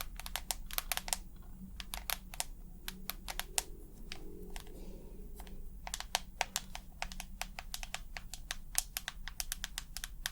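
Quick, irregular tapping like fingers on a keyboard, sharp clicky strokes coming in bursts with brief gaps, a slower patch around four to five seconds. A low, steady hum sits underneath throughout, with a faint murmur in the middle.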